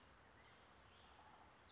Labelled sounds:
Western Flycatcher
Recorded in Sonoma County, California

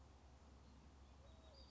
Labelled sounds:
Western Flycatcher
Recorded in Sonoma County, California

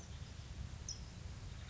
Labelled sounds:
California Towhee
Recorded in Sonoma County, California

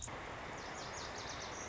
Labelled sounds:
Lazuli Bunting
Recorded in Sonoma County, California

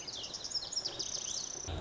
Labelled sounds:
Lazuli Bunting
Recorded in Sonoma County, California

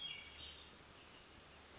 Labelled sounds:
Hermit Thrush
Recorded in Sonoma County, California

